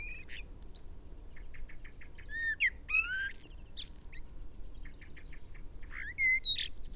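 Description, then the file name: Common blackbird singing: clear whistled phrases mixed with scratchy high notes and squeaky twitters, over soft background noise. "Turdus merula"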